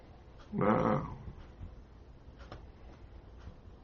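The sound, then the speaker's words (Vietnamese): A single short, rough bark with a growling edge from a well-kept American pet dog bursts out loudly, then trails into quiet background noise with a few faint taps. “Chó này là chó Mỹ à, chó được nuôi dưỡng, được có bác sĩ, được có thợ chải tóc đàng hoàng à.”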